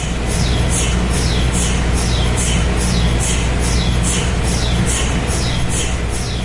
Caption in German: Eine Heliumpumpe. Helium wird zum Beispiel in Magnetresonanztomographen zur Kühlung benutzt, weil die Magnete supraleitend sind und gekühlt werden müssen. Und da kommt genau so eine Heliumpumpe zum Einsatz und die hört man eigentlich auch, wenn man da in diesem MRT sitzt.